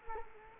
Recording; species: mosquito wingbeat signal from an infrared sensor; Culex quinquefasciatus